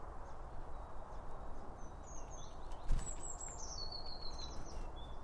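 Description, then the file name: Birds give high twittering notes and a few falling whistled phrases, with a soft thump near the middle and a constant low hum underneath. Around a bird feeder; recorded with two Line Audio OM 1. "Birds Around Birdfeeding With Two Om 1 From Line Audio"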